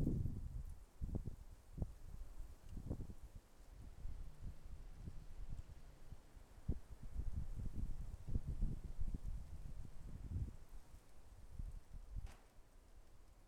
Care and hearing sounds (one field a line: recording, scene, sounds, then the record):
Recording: everyday scene through a hearing-aid microphone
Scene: wind on the microphone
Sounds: wind, traffic, birds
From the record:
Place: suburban garden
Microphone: behind the ear, left, front